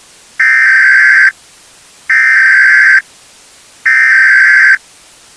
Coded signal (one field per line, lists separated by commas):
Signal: Emergency Alert System (SAME) tones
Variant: header bursts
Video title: Halloween Special/50 Subscriber Special - EAS Scenario: The Voices